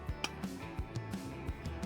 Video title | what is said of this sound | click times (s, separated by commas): Forelle lecker zubereiten am Bergbach🐟 (Schweizerdeutsch 🇨🇭) | Rein und klick, klick und drehen. | 0.2 s